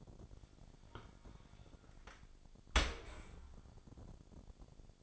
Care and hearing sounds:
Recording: daily activity, microphone in the room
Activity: open dishwasher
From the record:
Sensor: 5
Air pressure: 1006.9 hPa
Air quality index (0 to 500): 182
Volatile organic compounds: 5 ppm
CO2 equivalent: 1734 ppm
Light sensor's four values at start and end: 53/150/59/59 and 53/147/58/58

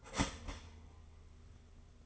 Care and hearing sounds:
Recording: daily activity, microphone in the room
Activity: start toaster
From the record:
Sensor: 4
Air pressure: 991.5 hPa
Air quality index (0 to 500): 137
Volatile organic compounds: 54 ppm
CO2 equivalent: 3347 ppm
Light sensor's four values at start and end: 20/65/24/25 and 17/53/20/20

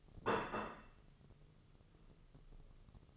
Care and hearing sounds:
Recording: daily activity, microphone in the room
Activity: place plate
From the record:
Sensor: 4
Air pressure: 996.0 hPa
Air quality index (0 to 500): 63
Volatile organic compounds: 2 ppm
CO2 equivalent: 1130 ppm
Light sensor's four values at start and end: 13/37/14/14 and 13/37/14/14

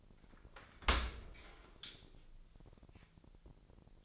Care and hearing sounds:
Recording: daily activity, microphone in the room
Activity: open dishwasher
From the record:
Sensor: 5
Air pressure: 1000.7 hPa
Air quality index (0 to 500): 248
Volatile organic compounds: 34 ppm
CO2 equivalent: 3049 ppm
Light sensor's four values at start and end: 31/71/28/26 and 31/72/29/27

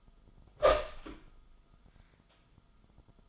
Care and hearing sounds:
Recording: daily activity, microphone in the room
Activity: open door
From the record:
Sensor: 5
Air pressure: 1005.0 hPa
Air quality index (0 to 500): 101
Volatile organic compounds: 2 ppm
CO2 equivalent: 1236 ppm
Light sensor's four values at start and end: 34/78/31/30 and 34/78/31/30

